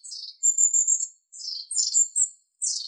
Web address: Aegithalos caudatus